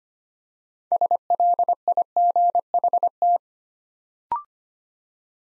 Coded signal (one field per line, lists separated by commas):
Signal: Morse code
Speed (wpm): 25 wpm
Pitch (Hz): 700 Hz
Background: none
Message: SLIGHT